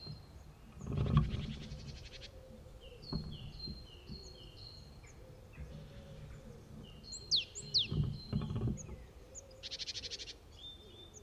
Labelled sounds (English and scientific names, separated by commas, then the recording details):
Great Tit (Parus major)
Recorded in the wild
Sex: male
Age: adult
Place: Halle (Westfalen), OT Tatenhausen, Nordrhein-Westfalen, DE
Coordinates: 52.0439, 8.325
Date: 1972-03-25
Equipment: Uher 4200 Report Stereo, Bändchenmikro Beyer M 260, Parabolspiegel Polyester (600 mm)
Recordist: Conrads, Klaus
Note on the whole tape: Schloß Tatenhausen. Wahrscheinlich Männchen: warnend, Imitation von Sumpfmeise und Weidenmeise